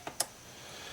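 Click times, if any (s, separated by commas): 0.1 s, 0.2 s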